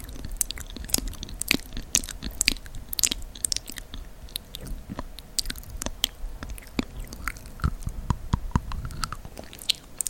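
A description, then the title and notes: Dry nibbling and mouth sounds fill the clip: quick crisp clicks and small crunchy bites come in irregular bursts, several per second, with soft wet smacks between them. A low steady hum sits underneath throughout. Spoolie Nibbling + Mouth Sounds.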